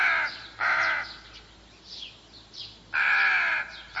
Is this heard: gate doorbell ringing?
no